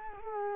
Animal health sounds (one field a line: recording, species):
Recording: mosquito wingbeat signal from an infrared sensor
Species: Culex quinquefasciatus